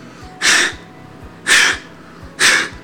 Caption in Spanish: Cada vez que hay un latido. Entonces el doctor dice, es un soplo.